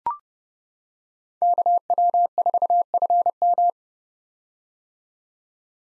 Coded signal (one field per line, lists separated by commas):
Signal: Morse code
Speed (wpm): 30 wpm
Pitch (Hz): 700 Hz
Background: none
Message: KW4FM